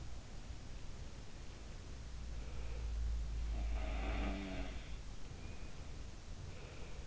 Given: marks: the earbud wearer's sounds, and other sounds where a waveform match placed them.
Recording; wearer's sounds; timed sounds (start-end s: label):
sounds in sleep by an in-ear microphone; breath
2.27-2.91 s: breath
3.36-4.85 s: sound from someone else or the room
6.23-7.07 s: breath